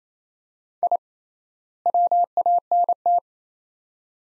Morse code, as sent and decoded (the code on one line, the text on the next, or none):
.. / .-- .- -. -
I WANT